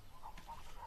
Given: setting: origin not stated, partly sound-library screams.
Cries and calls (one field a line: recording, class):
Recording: one-second piece from a danger detection set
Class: normal situation